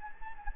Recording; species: mosquito wingbeat signal from an infrared sensor; Anopheles gambiae